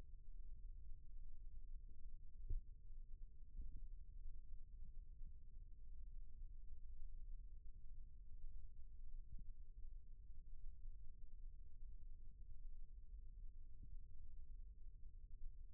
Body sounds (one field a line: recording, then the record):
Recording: forearm muscle sounds (acoustic myography)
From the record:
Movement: rest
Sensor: system 1, eight BSWA MPA416 microphones around the upper forearm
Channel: 8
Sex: male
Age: 28 years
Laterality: right